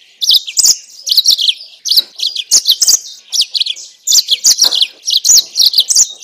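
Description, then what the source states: Yellow-fronted canary song of lively, high chirping phrases, quick slurred notes tumbling together, with brief gaps near two and four seconds. Mozambique singer used for training captive birds.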